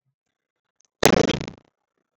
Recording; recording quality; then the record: shallow voluntary cough; poor, much background noise or distortion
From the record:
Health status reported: exposed to COVID-19, no respiratory illness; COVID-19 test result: not tested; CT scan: not taken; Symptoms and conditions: none ticked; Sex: male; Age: 31 years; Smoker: no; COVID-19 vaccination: both doses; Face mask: not worn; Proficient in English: yes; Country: India